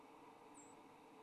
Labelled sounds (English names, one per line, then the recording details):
White-throated Sparrow flight call
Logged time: 01:46 on 29 November 2014